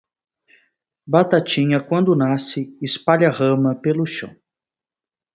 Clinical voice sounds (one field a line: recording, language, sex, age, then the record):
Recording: short text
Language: Brazilian Portuguese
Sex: male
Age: 20 to 29 years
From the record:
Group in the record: control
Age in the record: 24 years